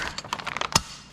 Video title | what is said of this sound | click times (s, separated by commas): Norden 901 Skid Plate Install: BDCW! | There you go. So you'll hear it'll click on. | 0.8 s